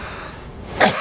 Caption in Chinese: 出寒痰的时候咳的声音往往是比较清亮比较短促的。